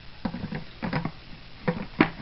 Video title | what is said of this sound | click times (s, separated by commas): RLSS DB8i Protein Skimmer Unboxing | there locks in place um | 2.0 s